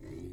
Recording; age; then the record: pig call; weaner (32 to 43 days)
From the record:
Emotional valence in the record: negative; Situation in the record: negative conditioning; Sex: female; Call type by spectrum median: low-frequency call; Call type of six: low-frequency stable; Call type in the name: low-frequency stable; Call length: 0.33 s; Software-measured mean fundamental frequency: 43 Hz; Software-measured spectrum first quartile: 107 Hz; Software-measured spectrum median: 261 Hz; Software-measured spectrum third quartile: 409 Hz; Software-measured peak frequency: 344 Hz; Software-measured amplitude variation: 117 dB a second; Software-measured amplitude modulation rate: 33.6 a second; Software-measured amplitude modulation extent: 3.5 dB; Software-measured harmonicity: -1.5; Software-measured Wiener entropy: 0.34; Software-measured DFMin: 1241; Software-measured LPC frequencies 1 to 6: 339, 2043, 3567, 4068, 4893, 5724 Hz